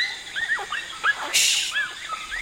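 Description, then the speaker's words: Bonobo calls: a rapid series of high, arched, squeaky cries rising and falling, with a short hissing burst in the middle. Recorded with a large microphone and headphones while observing bonobos, to study their communication system. "Excusez-moi, mais je crois que j'entends les bonobos dans mon casque."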